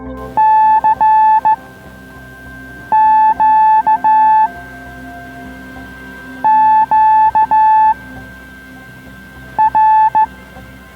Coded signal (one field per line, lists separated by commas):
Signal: Morse code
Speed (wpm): 15 wpm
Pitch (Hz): 870 Hz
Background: music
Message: CQ QR